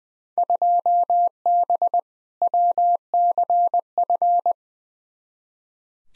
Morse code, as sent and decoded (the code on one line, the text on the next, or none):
..--- -... / .-- -.-. ..-.
2B WCF